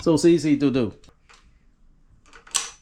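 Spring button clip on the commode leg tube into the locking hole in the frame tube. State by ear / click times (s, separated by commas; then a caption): seated / 2.6 s. Someone talks, then presses the spring push-button clip on a metal tube of a bedside commode frame and slides the tube until the clip pops into its locking hole. A sharp click is heard at 2.6 seconds, and the clip is locked in place.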